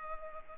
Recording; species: mosquito wingbeat signal from an infrared sensor; Culex pipiens